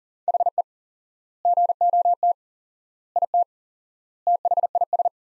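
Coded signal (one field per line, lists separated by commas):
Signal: Morse code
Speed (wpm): 40 wpm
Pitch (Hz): 700 Hz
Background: none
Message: HE GOT IT THIS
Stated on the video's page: Morse practice of sentences from the top 400 words at 40 wpm with 4x standard word spacing, a Farnsworth-like method.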